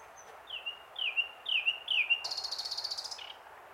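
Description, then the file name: Common nightingale song, four sliding whistled notes about half a second apart, then a high fast buzzy trill ending in a short note. "Luscinia megarhynchos"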